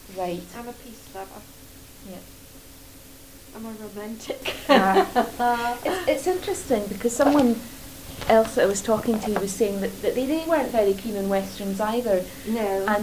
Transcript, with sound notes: Right.
I'm a peace lover. I'm a romantic. [laughs]
It's interesting because someone else that I was talking to was saying that they weren't very keen on Westerns either--
No.